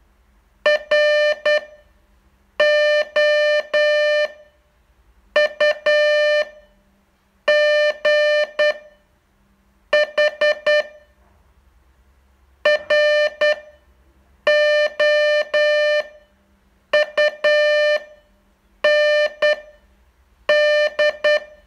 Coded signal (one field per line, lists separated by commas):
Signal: Morse code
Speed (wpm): 10 wpm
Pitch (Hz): 600 Hz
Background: none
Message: ROUGH ROUND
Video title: Learn Morse in 42 Days from VU2LAU - day 38 test2